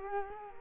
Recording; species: mosquito wingbeat signal from an infrared sensor; Culex quinquefasciatus